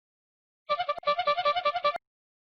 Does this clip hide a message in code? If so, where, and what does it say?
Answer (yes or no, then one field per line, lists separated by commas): no